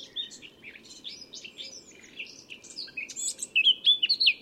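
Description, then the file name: Eurasian blackcap song, a fast jumbled warble of high scratchy and whistled notes, louder in the final second, over a low rushing background noise. "Sylvia atricapilla"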